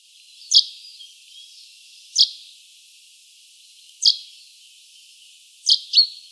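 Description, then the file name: Common chaffinch giving sharp, high call notes about every two seconds, five notes with the last two close together, over a faint steady background hiss. "Fringilla coelebs"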